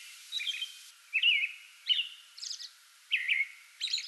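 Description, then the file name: American robin song: clear caroling whistled phrases alternating with high, thin squeaky notes. Singing before dawn from a small tree in a front yard, 8 May 2022. "2022-05-08 American Robin pre-dawn singing from small tree in front yard"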